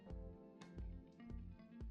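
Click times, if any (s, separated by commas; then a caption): none. A RAM module is refitted into the memory slot of a 20-inch 2.1 GHz iMac G5 (2005) after first being inserted the wrong way round. A few faint knocks sound over background music. Nothing has seated or clicked yet.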